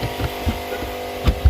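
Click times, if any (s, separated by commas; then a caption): none. While refitting the luggage compartment of an Audi Q8 after a tire change, a cargo area trim panel is handled and pressed toward its body clip. Soft low thumps at about 0.2, 0.5, 1.3 and 1.5 seconds sit over a steady tonal hum. Nothing has seated or clicked yet.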